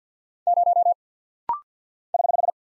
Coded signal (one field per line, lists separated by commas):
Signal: Morse code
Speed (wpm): 48 wpm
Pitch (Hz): 700 Hz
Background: none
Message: 0 <HH>